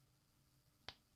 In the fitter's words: and this one doesn't click like the first one